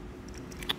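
A plastic end cap is pressed onto a Yakima RidgeLine roof rack tower for flush rails on a 2021 GMC Acadia. A few faint ticks and scrapes come first, then the cap seats with a sharp snap at 0.7 s.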